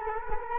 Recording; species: mosquito wingbeat signal from an infrared sensor; Culex quinquefasciatus